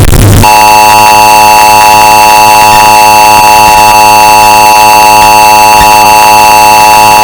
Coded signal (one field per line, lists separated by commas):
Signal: Emergency Alert System (SAME) tones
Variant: 853 and 960 Hz attention tone